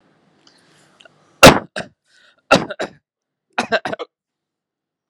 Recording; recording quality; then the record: heavy voluntary cough; excellent, no background noise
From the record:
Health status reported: healthy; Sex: male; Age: 42 years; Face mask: not worn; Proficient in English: yes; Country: India